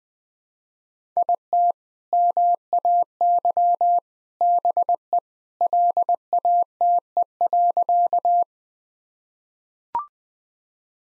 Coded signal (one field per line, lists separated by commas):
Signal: Morse code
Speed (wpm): 20 wpm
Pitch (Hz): 700 Hz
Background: none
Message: IT MAY BE LATE.